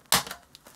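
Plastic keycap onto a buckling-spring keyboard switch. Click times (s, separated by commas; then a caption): 0.1 s. A plastic keycap is lined up over the buckling spring of a new Model M keyboard from Unicomp, clipped over and pushed down onto the key. A sharp, loud snap at 0.1 s marks it seating, followed by a fainter tick around 0.3 s and small clicks near 0.55 s and 0.67 s. The keycap is confirmed seated on the key.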